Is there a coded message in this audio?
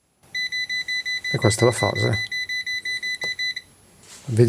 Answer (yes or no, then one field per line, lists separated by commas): no